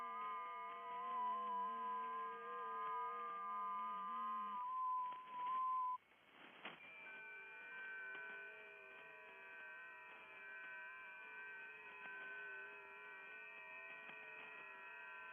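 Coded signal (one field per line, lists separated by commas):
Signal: FT8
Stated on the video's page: Real over-the-air FT8 or JS8Call on 40m via an NVIS dipole, live stream, not SDR or simulation.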